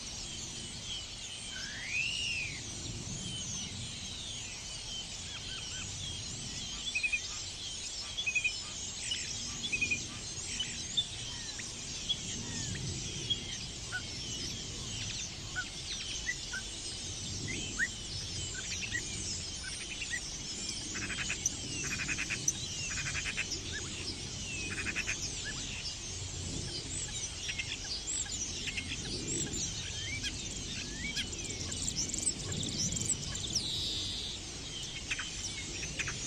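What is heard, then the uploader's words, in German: A morning in a clay pit, filled with a dense, steady mesh of high bird calls and chirps that never stops across the whole stretch. Short bright notes and trills repeat rapidly, while a soft low rumble drifts underneath, swelling at moments around 10, 20 and 30 seconds. Ein Morgen in der Lehmgrube. Ich liebe die Stare.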